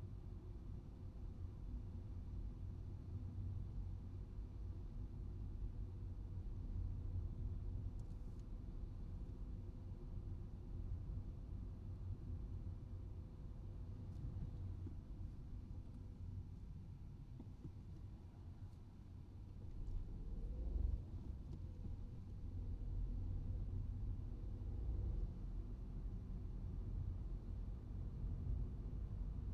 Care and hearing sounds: everyday scene through a hearing-aid microphone; in a vehicle; engine, traffic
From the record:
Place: Skoda Fabia, gasoline engine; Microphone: in the ear canal, right

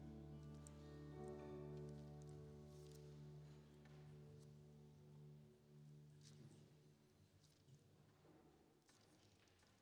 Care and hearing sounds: everyday scene through a hearing-aid microphone; reverberant space; music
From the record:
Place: church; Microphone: in the ear canal, right

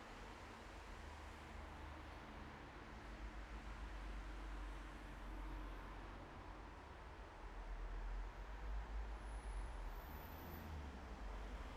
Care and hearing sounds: everyday scene through a hearing-aid microphone; in traffic; traffic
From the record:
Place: bus stop on a city main road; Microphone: behind the ear, right, front

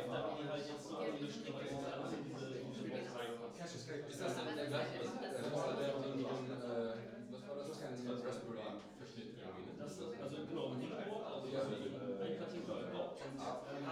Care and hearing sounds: everyday scene through a hearing-aid microphone; many people talking; many voices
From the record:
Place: bistro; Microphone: in the ear canal, right

